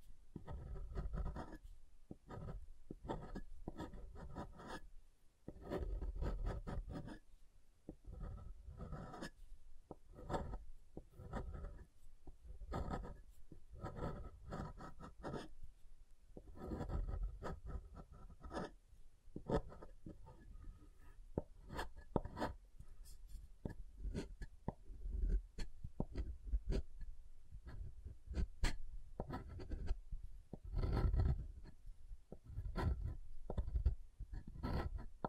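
Soap being tapped and carved, with a steady run of short scraping and knocking strokes that continue throughout. The sounds are mostly low and dull, with brighter gritty rasps mixed in and occasional sharper clicks near the 25 and 31 second marks.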